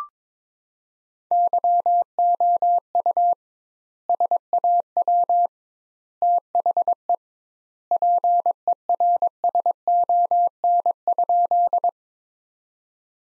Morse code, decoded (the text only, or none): YOU SAW THE PERSON?